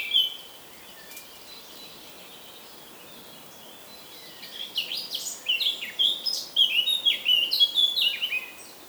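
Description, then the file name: Eurasian blackcap song: after a brief opening note and a quiet stretch, a lively warbling phrase of quick varied notes builds in the second half. "Sylvia atricapilla"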